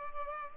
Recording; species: mosquito wingbeat signal from an infrared sensor; Culex pipiens